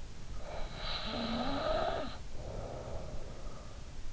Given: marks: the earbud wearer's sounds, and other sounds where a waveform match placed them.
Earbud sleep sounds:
sounds in sleep by an in-ear microphone; snoring breath
0.44-3.94 s: snoring breath

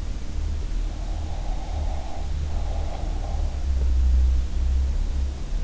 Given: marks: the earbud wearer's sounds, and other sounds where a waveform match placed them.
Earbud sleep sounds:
sounds in sleep by an in-ear microphone; breath
1.11-3.37 s: breath

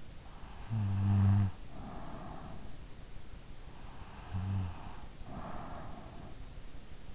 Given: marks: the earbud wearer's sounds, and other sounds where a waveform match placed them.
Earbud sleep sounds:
sounds in sleep by an in-ear microphone; snoring breath
0.62-2.96 s: snoring breath
4.04-6.13 s: snoring breath

